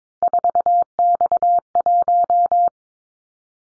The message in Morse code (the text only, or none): 4X1